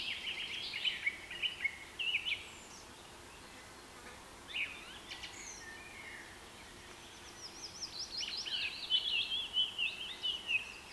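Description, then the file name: Songbirds trilling and chirping, a busy opening, sparse notes in the middle, then a long rapid descending series of high trills. Rain forest habitat. "KPR Sounds - Rain Forest Bird Sounds"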